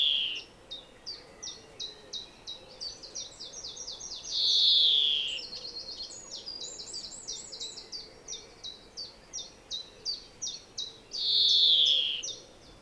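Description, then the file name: European greenfinch giving quick twittering chirps in a steady series, broken by long, harsh, buzzy wheezes. "Chloris chloris"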